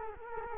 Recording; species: mosquito wingbeat signal from an infrared sensor; Culex quinquefasciatus